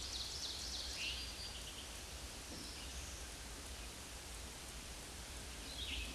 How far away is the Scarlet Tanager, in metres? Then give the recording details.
about 30 m. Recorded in a Pennsylvania forest on 19 May 2023 at 10:56. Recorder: AudioMoth, point grid1_6_low. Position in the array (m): 168 m, 60 m